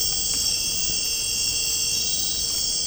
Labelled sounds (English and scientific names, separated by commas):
none